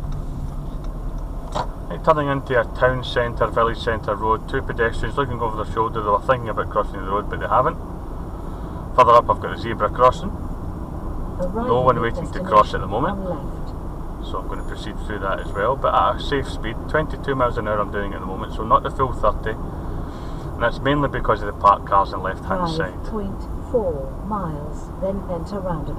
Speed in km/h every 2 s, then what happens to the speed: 23, 27, 29, 31, 34, 34, 32, 34, 35, 35, 35, 34, 32.
0-8 speeds up to 34. 8-26 steady at about 34.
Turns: none.